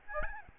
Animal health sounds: mosquito wingbeat signal from an infrared sensor; Aedes albopictus

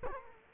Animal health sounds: mosquito wingbeat signal from an infrared sensor; Culex quinquefasciatus

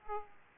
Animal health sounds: mosquito wingbeat signal from an infrared sensor; Aedes aegypti

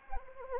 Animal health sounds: mosquito wingbeat signal from an infrared sensor; Anopheles arabiensis

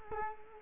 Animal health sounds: mosquito wingbeat signal from an infrared sensor; Culex quinquefasciatus

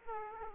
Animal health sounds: mosquito wingbeat signal from an infrared sensor; Aedes aegypti

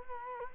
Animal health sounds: mosquito wingbeat signal from an infrared sensor; Culex quinquefasciatus

